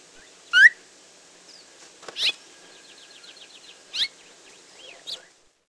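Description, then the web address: Phainopepla calls: a sharp rising note, then quieter bursts, with a soft rapid chattering series of thin notes in the middle. "Peterson North American Birds. phai"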